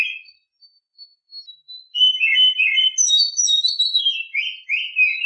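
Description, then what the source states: Oriental magpie-robin singing, opening with a few thin high whistles before breaking into a continuous, varied stream of clear and scratchy notes that rises and then falls. Champion-class bird.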